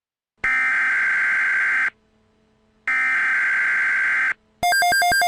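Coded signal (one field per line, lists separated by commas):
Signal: Emergency Alert System (SAME) tones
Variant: header bursts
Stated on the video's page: Fictitious emergency alert scenario; the tones may or may not be valid EAS tones.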